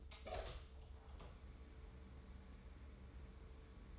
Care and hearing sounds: daily activity, microphone in the room; open door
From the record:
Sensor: 3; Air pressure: 1015.2 hPa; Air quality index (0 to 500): 136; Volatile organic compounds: 6 ppm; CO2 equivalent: 1922 ppm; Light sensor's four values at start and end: 16/40/16/17 and 16/40/16/17

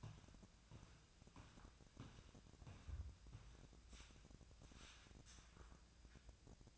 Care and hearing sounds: daily activity, microphone in the room; walk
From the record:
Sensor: 2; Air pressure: 1012.0 hPa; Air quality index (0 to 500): 172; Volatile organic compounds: 2 ppm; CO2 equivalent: 1256 ppm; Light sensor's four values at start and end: 45/120/51/57 and 44/117/50/55

